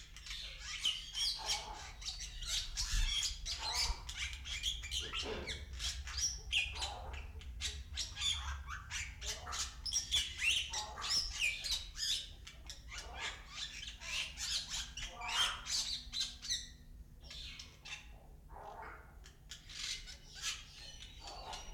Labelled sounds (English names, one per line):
Bali Myna